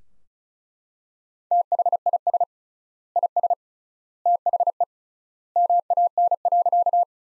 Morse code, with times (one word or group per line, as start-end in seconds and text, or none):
1.5-2.4 THIS
3.2-3.5 IS
4.3-4.8 THE
5.6-7.0 MAN.